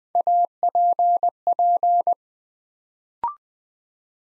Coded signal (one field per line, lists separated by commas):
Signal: Morse code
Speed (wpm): 20 wpm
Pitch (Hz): 700 Hz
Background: none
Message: APP